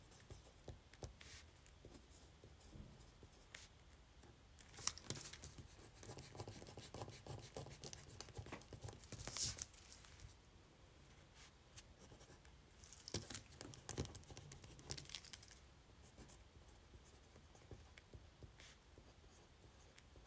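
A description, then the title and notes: Fast writing on paper: a continuous run of quick, dry scratches and taps as a pen moves across the page. The strokes come in dense bursts, busier and louder around five, nine to ten, and thirteen to fifteen seconds, with brief thinner stretches between. ASMR Fast Writing on Paper.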